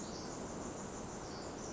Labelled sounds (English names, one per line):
Pacific Wren